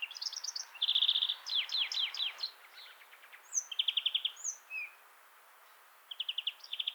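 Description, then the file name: European greenfinch twittering: short level trills, descending chirps and a few thin whistled slurs, with a brief quiet gap before the final trills. "Chloris chloris"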